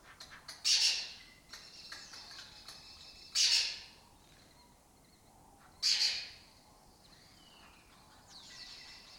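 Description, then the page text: Lesser kestrel giving three loud, rasping screeches about every two and a half seconds, with soft calling in between. Breeding colony in an abandoned building complex in Doñana, southern Europe; migratory raptor that forages in West Africa. "Lesser Kestrels Took Over an Abandoned Building. Here in Doñana"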